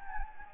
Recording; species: mosquito wingbeat signal from an infrared sensor; Anopheles gambiae